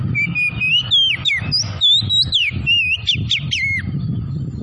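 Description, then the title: Oriental magpie-robin singing a continuous run of loud, varied whistles, sliding notes and quick downslurs, with steady low background rumble throughout. Tretes variety, singing vigorously (gacor). "Kacer Tretes"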